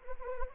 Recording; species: mosquito wingbeat signal from an infrared sensor; Anopheles arabiensis